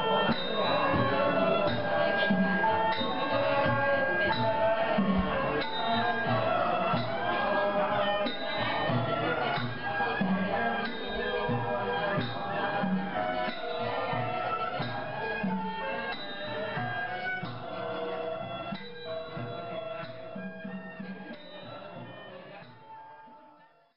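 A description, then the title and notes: Musicians play indoors at a private family ceremony in a home, a dense, busy layer of bright tuned percussion and melodic lines over low steady drumming. Voices murmur and small clinks sound throughout, and the whole texture fades away over the final few seconds. Private family ceremony during early evening with musicians playing upstairs in a home on Sisvangvong Street in Luang Prabang, Laos. Nov 28 2006.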